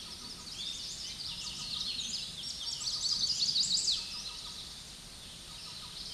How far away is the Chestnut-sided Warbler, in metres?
about 25 m